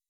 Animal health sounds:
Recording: hydrophone in a shrimp aquaculture tank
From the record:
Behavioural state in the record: weakened

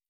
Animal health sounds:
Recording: hydrophone in a shrimp aquaculture tank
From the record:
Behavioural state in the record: stressed

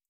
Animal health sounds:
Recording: hydrophone in a shrimp aquaculture tank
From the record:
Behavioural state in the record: feeding

